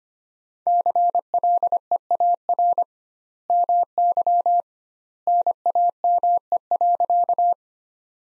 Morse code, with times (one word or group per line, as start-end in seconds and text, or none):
0.7-2.8 CLEAR
3.5-4.6 MY
5.3-7.5 NAME.